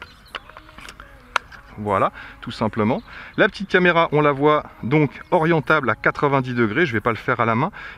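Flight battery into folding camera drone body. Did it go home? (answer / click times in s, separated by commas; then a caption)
yes / 1.4 s. A flight battery is pushed into the body of an MJX Bugs 12 EIS folding 4K camera drone, where it is held by two small side buttons. A few small ticks lead up to a sharp click at 1.4 s as the battery seats, then someone talks.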